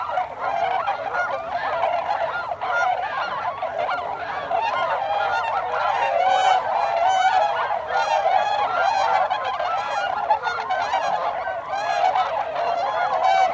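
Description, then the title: Tundra swan flock in full chorus, many overlapping mellow hoots and yelping notes with rising and falling inflections, unbroken and fairly loud the whole time. Tundra swans, 26 December 2020. "2020-12-26-Tundra-Swans"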